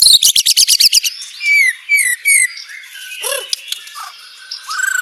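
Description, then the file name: White-rumped shama song opening with a fast burst of sharp repeated notes, then slurred downward whistles and scattered high chips and clicks. Banjar variety; rapid-fire 'tembakan' song style delivered at tight, fast speed. "Suara tembakan speed rapat Murai batu banjar"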